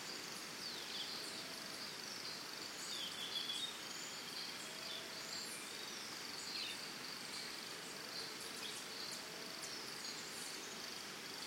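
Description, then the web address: Crickets sing a constant high-pitched trill; short bird chirps and twitters come through briefly over the insect hiss. Early morning in Costa Rica, with birds calling alongside the crickets. "Big Room Sound Birds Crickets Costa Rica Early Morning"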